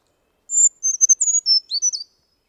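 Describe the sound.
Brown creeper singing one very high, thin phrase of sweet, slurred notes that wander up and down and end with a lower drop, lasting about a second and a half.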